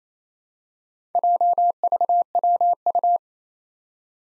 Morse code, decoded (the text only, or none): JVWU